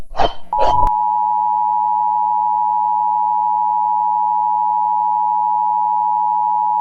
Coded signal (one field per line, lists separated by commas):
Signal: Emergency Alert System (SAME) tones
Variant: 853 and 960 Hz attention tone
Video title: hey apple (a REMASTERED EAS Scenario)